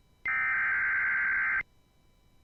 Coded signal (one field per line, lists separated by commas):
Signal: Emergency Alert System (SAME) tones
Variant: header bursts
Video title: Severe Thunderstorm Warning for parts of New York and Pennsylvania (EAS #80)